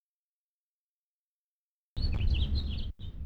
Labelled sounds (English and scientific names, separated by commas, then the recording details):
House Finch (Haemorhous mexicanus) song
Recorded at Island Park on Long Island, New York, on 17 June 1975
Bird A